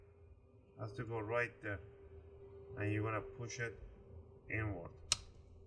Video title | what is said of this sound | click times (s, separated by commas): ✔Macbook Air a1708 service / Repaste / Overheating FIX Guide | want to hear that click if you don't hear that click then you're doing something wrong once | 5.1 s